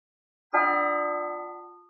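A single strike of a bell from the distant imperial palace, carried to the snowy Nhạn Minh Lake, rings out alone, its rich metallic tone with layered overtones slowly fading over about a second and a half. No voices are heard.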